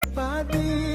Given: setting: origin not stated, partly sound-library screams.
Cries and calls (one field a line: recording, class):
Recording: one-second piece from a danger detection set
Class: normal situation